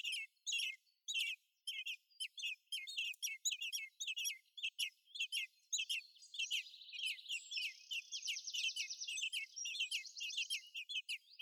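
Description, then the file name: Common blackbird with spaced, high falling chirps that speed up, then a steady buzzy trill runs beneath the chirps in the second half. "Turdus merula"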